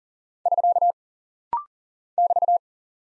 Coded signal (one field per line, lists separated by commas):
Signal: Morse code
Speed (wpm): 39 wpm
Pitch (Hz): 700 Hz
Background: none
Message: <SK> <BT>